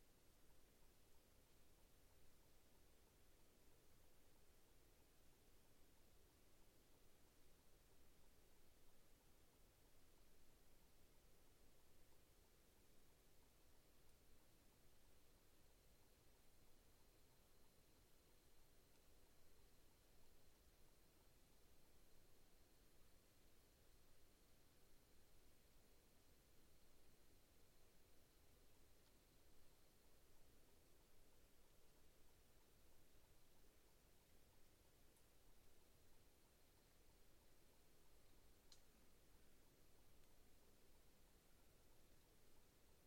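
A deeply quiet night in the outback, heard as a soft, steady hush that barely changes across the whole stretch. A faint high insect-like whine drifts in around the middle and again near the end, with a tiny tick close to the finish.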